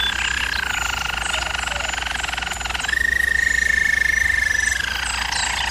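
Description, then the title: German Roller canary song: a continuous rolling trill that holds steady, steps up to a higher sustained roll midway, then drops back down near the end. German Roller canary singing, for canary training. "German Roller Canary Singing - Canary Training Vid"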